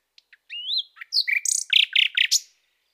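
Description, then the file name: Common nightingale song: a rising whistle slides upward, followed by harsh buzzy notes and a quick series of loud, rhythmic repeated chirps. "Rossignol"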